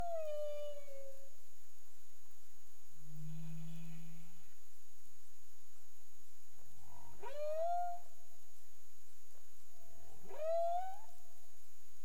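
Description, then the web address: Humpback whale calls: a falling harmonic moan, a low steady hum, then two sharp upsweeps swooping into high wavering cries, with a constant faint electronic tone throughout. Recorded in the Caribbean on 30 April 2035 at 03:11 UTC. "humpback whale 20350430 031131 UTC"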